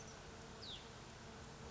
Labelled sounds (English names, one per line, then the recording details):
Oak Titmouse
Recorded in Sonoma County, California